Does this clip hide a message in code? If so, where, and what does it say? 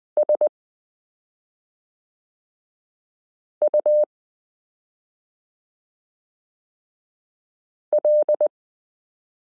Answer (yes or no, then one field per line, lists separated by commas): yes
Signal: Morse code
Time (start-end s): 0.2-8.5 s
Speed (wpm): 20 wpm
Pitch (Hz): 600 Hz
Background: none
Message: SUL